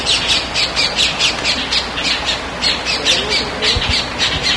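Bird giving harsh, buzzy squawks in quick repeated bursts, several per second, high-pitched and steady throughout, with a faint low thump near the end.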